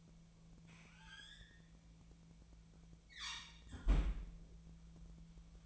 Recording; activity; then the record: daily activity, microphone in the room; close fridge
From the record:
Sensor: 1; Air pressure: 1009.7 hPa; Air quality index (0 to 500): 192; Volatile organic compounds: 18 ppm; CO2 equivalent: 2636 ppm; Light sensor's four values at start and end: 28/73/30/36 and 29/73/30/36